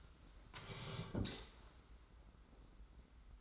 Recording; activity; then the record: daily activity, microphone in the room; sit down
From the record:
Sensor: 3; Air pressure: 991.6 hPa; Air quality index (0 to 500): 171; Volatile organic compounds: 1000 ppm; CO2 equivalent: 5651 ppm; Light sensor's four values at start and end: 36/100/41/35 and 35/99/41/35